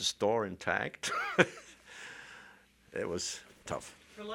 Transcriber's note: he laughs